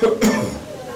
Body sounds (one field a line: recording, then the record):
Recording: coughing mixed with background sound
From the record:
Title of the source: Spring Cold Coughing 3